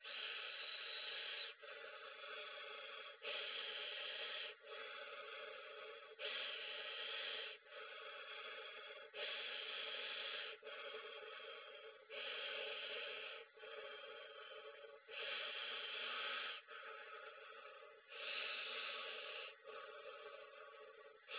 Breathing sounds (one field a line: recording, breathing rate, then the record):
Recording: paced breathing near a phone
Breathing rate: 20 breaths a minute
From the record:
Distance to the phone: 20 cm